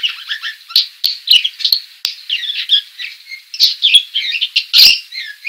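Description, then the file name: Budgerigar chattering: a fast, continuous warble of squeaky, scratchy and chirping notes with occasional sharp clicks. Female. "suara burung parkit betina"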